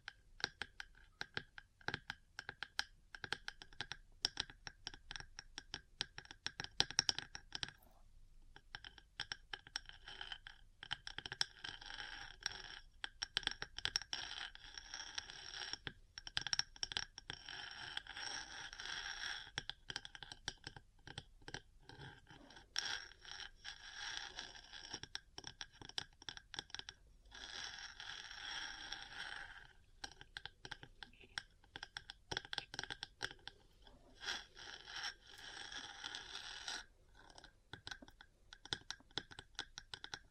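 Small metal parts are tapped and scraped against one another in a close, quiet room, making dense clusters of sharp clicks and bright rasping strokes. The activity runs almost continuously, with brief pauses near eight and twenty-seven seconds, and busier scratching stretches in between.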